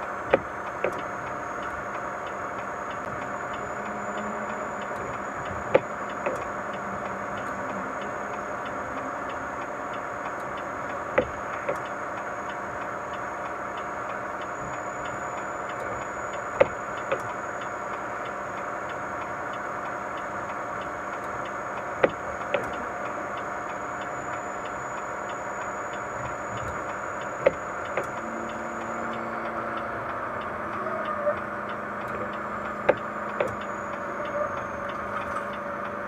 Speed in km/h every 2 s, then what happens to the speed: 43, 43, 44, 44, 44, 44, 44, 44, 44, 44, 44, 44, 44, 43, 42, 38, 39, 37.
0-25 steady at about 44. 25-36 slows to 37.